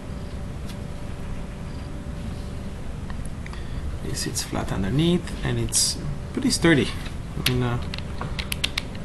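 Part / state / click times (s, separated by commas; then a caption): clamp on prototype tilt/rotation stage / seated / 8.5 s, 8.7 s, 8.8 s. Someone talks over a steady background hum while a clamp on a prototype tilt/rotation stage is engaged. It gives a short series of sharp mechanical clicks at 8.5, 8.7 and 8.8 seconds as the clamp locks in place.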